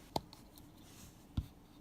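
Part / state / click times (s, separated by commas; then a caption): toy model's peg port onto display stand peg / seated / 0.2 s. The peg port of a die-cast Hot Wheels Star Wars Imperial Patrol Speeder is pushed onto the peg of its translucent plastic display stand and snaps on with a sharp click at 0.2 s. Faint ticks follow at 0.3 s and 0.6 s, and a duller knock comes at 1.4 s. The model is seated on the stand.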